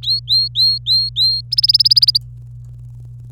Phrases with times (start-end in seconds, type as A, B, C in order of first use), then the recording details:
0.02-1.41 A, 1.51-2.18 B. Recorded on 25 April 2018 at 17:28. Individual llb3